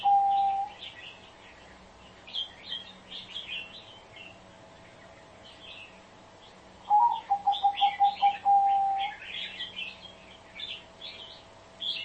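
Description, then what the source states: Spotted dove calls: a held coo tail at the start, then a full phrase of fast stuttered low coos ending long, amid frequent chatter of small birds. Call used as a lure for trapping the birds.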